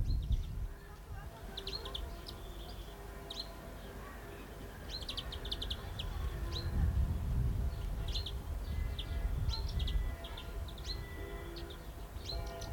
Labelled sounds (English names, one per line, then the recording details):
European Greenfinch
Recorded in captivity
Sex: male
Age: adult
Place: Zoo Berlin, Berlin, DE
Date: 1995-04-01 12:00
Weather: bedeckt - heiter, 6 - 8°C, böiger Wind
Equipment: Marantz CP 430, Sennheiser ME 80, Kopie Uher Variocord 263
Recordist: Tembrock, Günter